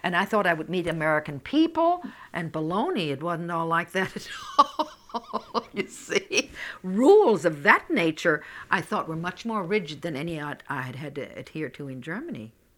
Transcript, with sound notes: And I thought I would meet American people, and baloney. It wasn't all like that at all. ( she laughs ) You see? Rules of that nature, I thought, were much more rigid than any I had had to adhere to in Germany.